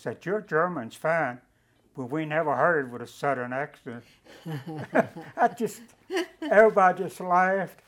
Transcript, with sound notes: Said "Your German is fine, but we never heard it with a Southern accent". (Laughs) (laughs) I just---- everybody just laughed.